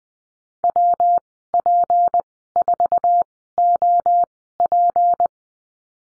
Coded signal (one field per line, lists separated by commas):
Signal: Morse code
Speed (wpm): 20 wpm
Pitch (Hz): 700 Hz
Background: none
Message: WP4OP